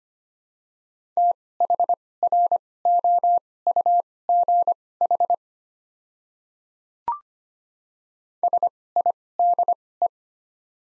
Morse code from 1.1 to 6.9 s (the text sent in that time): THROUGH